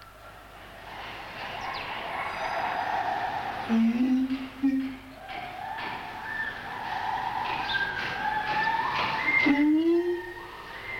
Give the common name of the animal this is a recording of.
Siamang